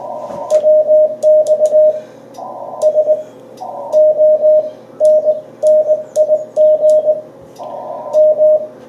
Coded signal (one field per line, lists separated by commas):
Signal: Morse code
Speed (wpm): 20 wpm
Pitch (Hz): 620 Hz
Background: radio noise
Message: WX SONNIG M